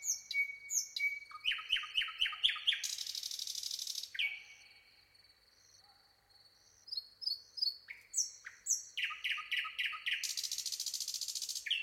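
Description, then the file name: Common nightingale pouring out varied phrases, each building through rapid sharp notes into a harsh, buzzy rattle, separated by a quieter stretch of soft whistles. "Luscinia megarhynchos"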